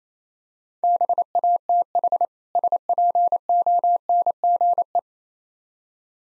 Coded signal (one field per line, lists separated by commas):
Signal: Morse code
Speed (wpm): 28 wpm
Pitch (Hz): 700 Hz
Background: none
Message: BATH SPONGE